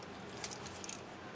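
During transformation of a plastic Transformers CG01 Venus Arcee toy robot figure, a pink plastic dovetail clip is pressed from the top down into the waist section. Short, sharp plastic clicks sound at 0.4 s and 0.8 s, each followed by a fainter tick, over a low steady hiss. The small round clip locks in place, and the waist is secured.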